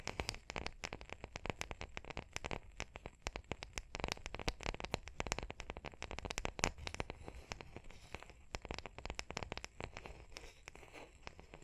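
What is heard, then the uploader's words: Tapping and scratching go on without pause, a dense run of sharp, bright clicks and taps that land several times a second at an uneven pace. Between the hits a dry, papery crinkling scratch fills the gaps, with a few louder taps near the middle. Tapping and Scratching (No Talking).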